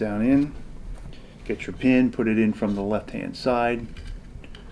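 A metal retaining pin for the fire control unit of a SIG P365 pistol is handled and pushed in from the left side through the polymer grip module during reassembly, while someone talks. A few faint ticks and handling noises are heard under the speech. The pin has not seated or clicked into place yet when the clip ends.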